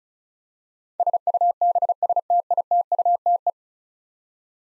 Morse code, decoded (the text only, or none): SUBSTITUTE